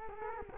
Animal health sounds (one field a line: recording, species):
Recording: mosquito wingbeat signal from an infrared sensor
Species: Culex quinquefasciatus